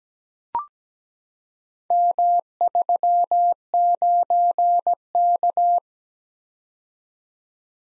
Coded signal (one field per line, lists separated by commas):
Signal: Morse code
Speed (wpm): 17 wpm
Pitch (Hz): 700 Hz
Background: none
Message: M39K